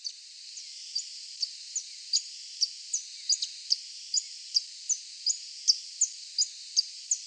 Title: LuckyPassaro Completos2Sama. Coal-crested Finch (Charitospiza eucosma)